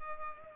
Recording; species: mosquito wingbeat signal from an infrared sensor; Culex pipiens